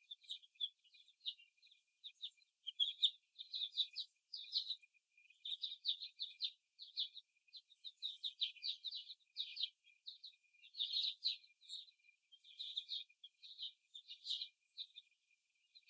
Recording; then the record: young laying hens in a cage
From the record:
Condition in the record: before the stressor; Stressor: simulated dog barking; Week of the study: 1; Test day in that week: 2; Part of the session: 2